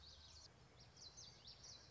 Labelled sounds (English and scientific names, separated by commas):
Common Yellowthroat (Geothlypis trichas)